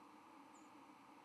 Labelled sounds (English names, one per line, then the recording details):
White-throated Sparrow flight call
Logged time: 08:12 on 31 October 2014